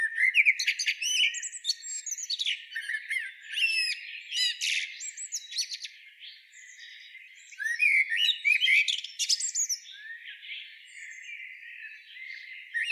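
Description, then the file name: Common blackbird song in repeated bursts, each mellow warble ending in scratchy high twitters, phrases separated by brief pauses. "Turdus merula"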